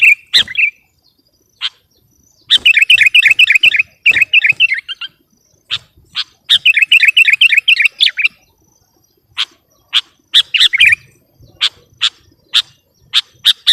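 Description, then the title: Sooty-headed bulbul singing in lively, bubbly rapid bursts, broken by scattered sharp clicking notes at irregular intervals. "kutilang"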